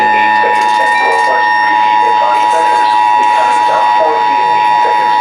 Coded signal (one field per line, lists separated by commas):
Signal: Emergency Alert System (SAME) tones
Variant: 853 and 960 Hz attention tone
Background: speech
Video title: An Interesting Series of Events.. EAS Alerts from 3/16/26 (EAS #1,362-#1,400)